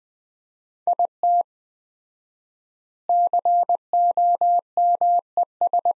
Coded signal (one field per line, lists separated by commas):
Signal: Morse code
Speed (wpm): 20 wpm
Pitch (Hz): 700 Hz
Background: none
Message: IT COMES